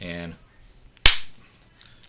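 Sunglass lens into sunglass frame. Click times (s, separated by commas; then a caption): 1.1 s. Someone talks briefly. Then a replacement plastic sunglass lens for an Oakley frame, held with a cleaning cloth, is guided into the frame groove and pushed down until it snaps in with a sharp click at 1.1 s. A short ringing tail and faint small ticks follow as the lens is left secured in the frame.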